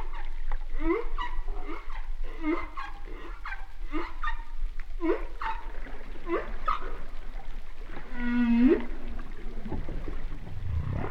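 Humpback whale song: short rising upsweeps repeated at irregular intervals, then a longer harmonic moan ending in a low held note, over steady underwater rumble.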